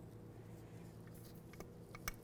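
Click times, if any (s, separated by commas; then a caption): 2.1 s. An ABS wheel-speed sensor wire connector is pushed into its mating harness plug on a 2000–2005 Buick LeSabre during a front left CV axle replacement. Faint ticks at about 1.5, 1.6 and 1.9 seconds lead up to a sharp, bright latch click at 2.1 seconds, and the connector is seated.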